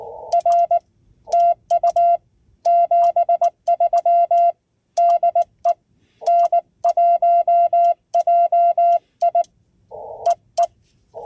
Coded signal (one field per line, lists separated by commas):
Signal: Morse code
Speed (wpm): 19 wpm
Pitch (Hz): 2050 Hz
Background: none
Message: R TU 73 DE N1JI EE